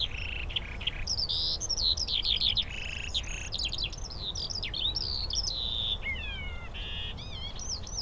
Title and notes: Siemianowice Śląskie, Polska - skowronek przy kapliczce św. Izydora. Sobota, 18 maja 2019. Wśród pól znajduje się kapliczka świętego Izydora na Sosnej Górze. W polu śpiewają skowronki i brzęczą owady